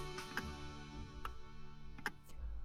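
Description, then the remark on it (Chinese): A wall clock in a quiet living room ticks quietly, a few sharp, dry clicks spaced roughly a second apart over a low, steady background hum, with no voices. “客厅里有短暂的静谧，只能听见墙上钟声滴答的响。”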